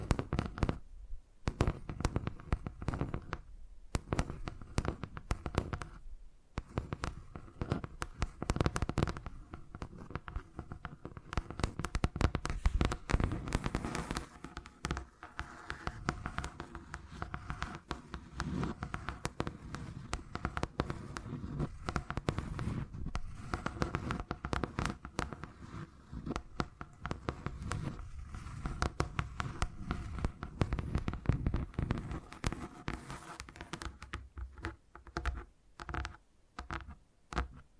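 Dense, rapid tapping runs almost without pause, crisp clicks over a low thudding body, with brief gaps near four, six, and thirty-five seconds.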